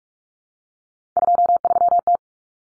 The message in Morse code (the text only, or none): 23T